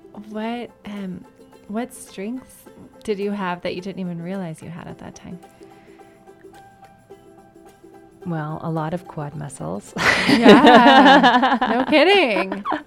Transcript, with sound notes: what strengths did you have that you didn't even realize you had at that time?
A lot of quad muscles. [laughs]
Yes, no kidding.